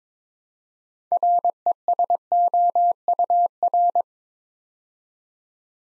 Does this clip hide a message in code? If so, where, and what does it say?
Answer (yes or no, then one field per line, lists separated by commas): yes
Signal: Morse code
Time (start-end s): 1.1-4.0 s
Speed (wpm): 22 wpm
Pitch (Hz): 700 Hz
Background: none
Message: RESOUR